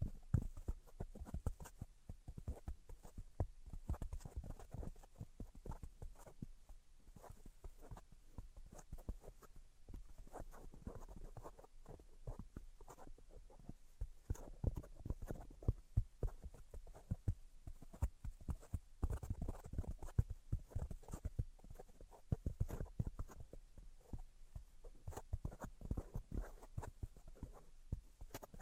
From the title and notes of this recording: Tapping, Scratching, and Tracing Sounds. (No Talking).